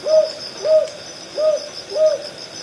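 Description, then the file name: Northern boobook hoots, two doubled notes, mellow and level in pitch, against an unbroken high insect whine. "aobazuku"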